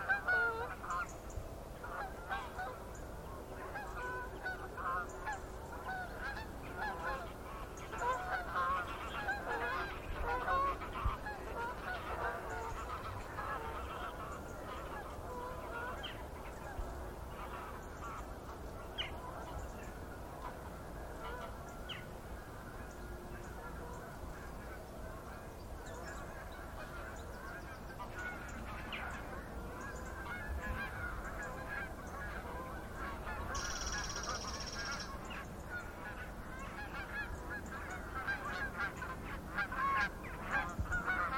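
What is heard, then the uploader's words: A gaggle of geese honks almost without pause across the whole recording, a dense, overlapping chatter of calls in the middle register. The din stays fairly even in loudness throughout, with a brief brighter hiss near the thirty-four second mark. Gaggles of geese, River Thame, England, UK. I was out in the fields by the River Thame yesterday morning and the geese were clearly excited by the amount of water across the meadows.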